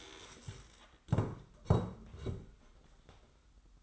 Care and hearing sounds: daily activity, microphone in the room; stand up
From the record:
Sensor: 3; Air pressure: 990.4 hPa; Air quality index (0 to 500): 170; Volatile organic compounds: 1000 ppm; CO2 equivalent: 5495 ppm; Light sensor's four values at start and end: 45/105/43/41 and 45/105/43/41

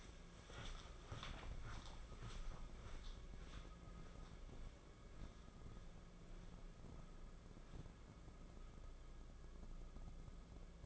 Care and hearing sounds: daily activity, microphone in the room; walk to room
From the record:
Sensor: 5

